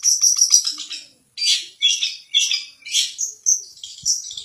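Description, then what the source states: Long-tailed shrike song: rapid harsh scratchy notes, then a series of loud buzzy chattering phrases with brief pauses, high-pitched and varied. Champion competition bird, song recording.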